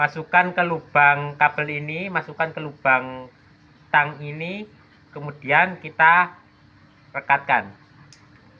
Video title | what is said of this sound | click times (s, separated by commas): KOMUNIKASI DATA - UAS | sampai berbunyi klik begitu. | 8.1 s